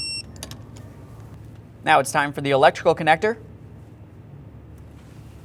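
A torque wrench tightens a coolant temperature sensor into the engine of a 2012-2018 Nissan Altima 2.5L to 24.5 ft-lb, giving a sharp click at 0.4 s as the torque setting is reached. A few faint ticks follow, then someone talks from about 1.9 to 3.3 s over low background hum.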